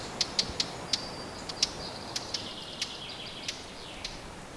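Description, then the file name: Eurasian blackcap giving hard ticking tak calls, repeated irregularly several times a second at first, then more spaced, over steady background noise. "Sylvia atricapilla"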